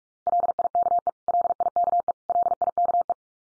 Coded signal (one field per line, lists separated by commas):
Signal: Morse code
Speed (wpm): 44 wpm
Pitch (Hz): 700 Hz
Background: none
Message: LIKE LIKE LIKE